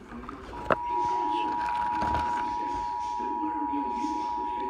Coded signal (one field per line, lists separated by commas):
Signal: Emergency Alert System (SAME) tones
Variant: 853 and 960 Hz attention tone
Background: speech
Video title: EAS #207 National Periodic Test